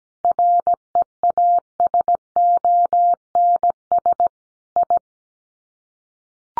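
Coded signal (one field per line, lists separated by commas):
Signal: Morse code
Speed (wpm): 17 wpm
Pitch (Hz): 700 Hz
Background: none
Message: REASONS I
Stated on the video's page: Head-copy drill of common five-word groups at 17 wpm, each sent in Morse, spoken, then sent again.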